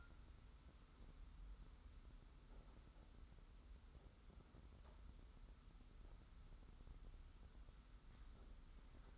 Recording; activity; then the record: daily activity, microphone in the room; wipe stove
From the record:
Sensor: 3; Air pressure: 991.4 hPa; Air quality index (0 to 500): 145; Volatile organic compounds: 394 ppm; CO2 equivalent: 4662 ppm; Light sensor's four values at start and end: 52/140/57/51 and 52/141/57/51